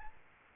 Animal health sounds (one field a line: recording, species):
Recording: mosquito wingbeat signal from an infrared sensor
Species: Aedes albopictus